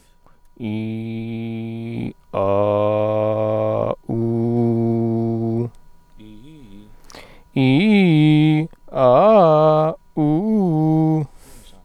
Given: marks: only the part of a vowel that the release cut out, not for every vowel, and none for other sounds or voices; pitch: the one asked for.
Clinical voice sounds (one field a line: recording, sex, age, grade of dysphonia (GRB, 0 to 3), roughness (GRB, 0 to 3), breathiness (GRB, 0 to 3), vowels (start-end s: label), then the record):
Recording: sustained vowels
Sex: male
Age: 40 to 49 years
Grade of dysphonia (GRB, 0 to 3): 0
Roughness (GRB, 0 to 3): 0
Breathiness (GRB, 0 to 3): 0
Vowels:
0.71-1.92 s: vowel /i/, low pitch
2.45-3.79 s: vowel /a/, low pitch
4.21-5.56 s: vowel /u/, low pitch
7.63-8.55 s: vowel /i/, low-high-low pitch
9.04-9.82 s: vowel /a/, low-high-low pitch
10.24-11.13 s: vowel /u/, low-high-low pitch
From the record:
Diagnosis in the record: healthy voice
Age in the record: 40 years